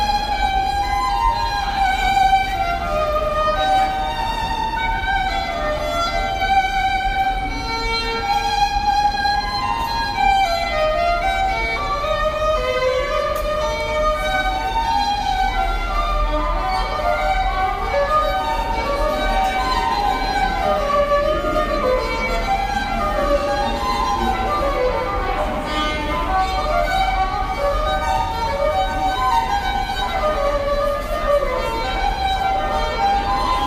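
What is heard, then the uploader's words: Inside a busy subway station, a continuous stream of melodic notes rings out, layered and shifting throughout like live music played in the hall. Beneath it runs a steady low rumble and crowd murmur, with the overall level holding even from start to finish. Times Square Subway Station.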